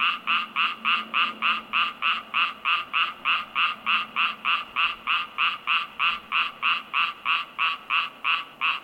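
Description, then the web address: Frog calling in a long, even series of short buzzy croaks, roughly three each second, steady throughout, with a soft low hum in the background. Frog in an unused swimming pool. "animal frog unused swimming pool"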